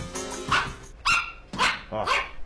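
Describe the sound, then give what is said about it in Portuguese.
A pug barks in a quick series of about four or five high, yappy barks, each sharp and fairly loud, with short gaps between them and no one talking. “Esse cachorro. Esse é o Pug.”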